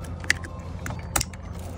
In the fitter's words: you should hear a click